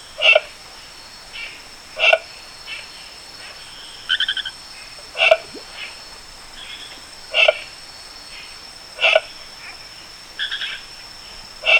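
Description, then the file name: Dark-sided frog calls, short sharp clicky notes repeated roughly every two to three seconds, with a faint steady insect-like buzz and softer rattling notes between. "Sylvirana nigrovittata"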